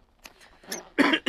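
After a few faint, breathy sounds, a loud, harsh cough bursts out, followed at once by the start of another. The unrestrained, forceful coughing comes from an adult after smoking cannabis, with a rough, noisy quality in a small room.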